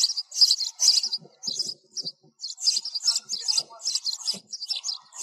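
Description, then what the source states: Sparrow chirping, high bright chirps repeated about twice a second in uneven bursts. Sparrow calling to its flock.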